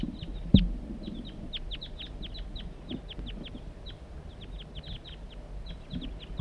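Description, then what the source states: Crossbill flight calls, a rapid series of sharp, downward-slurred chips repeated throughout, with a brief low thump near the start. Wild male circling in flight, giving calls, on a hilltop near a decoy setup.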